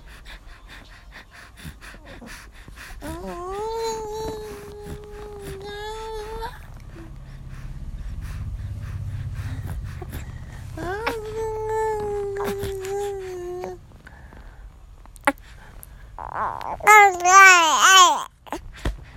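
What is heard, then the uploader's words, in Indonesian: A baby babbles and coos, making long drawn-out vowel sounds around three seconds in and again near eleven seconds. Near the end the voice rises into a louder, wavering squeal, with a soft low rumble in between. Si Bayi yang suka ngobrol tapi telat ini rekordnya pas dia udah lumayan capek ngoceh heheh.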